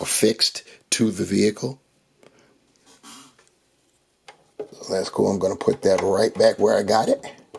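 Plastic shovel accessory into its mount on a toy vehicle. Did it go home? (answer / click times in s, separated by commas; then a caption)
no / none. Someone talks while handling a plastic shovel accessory, bringing it back to its mount on a toy vehicle, with quiet rubbing and faint ticks in the pause between their words. The clip ends before the shovel goes home, and nothing has seated or clicked yet.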